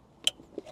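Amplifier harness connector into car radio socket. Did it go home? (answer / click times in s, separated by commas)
yes / 0.3 s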